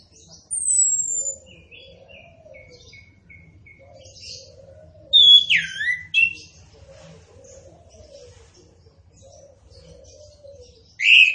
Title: Anis Kembang Gacor. Anis Kembang Punglor Kembang Ngeplong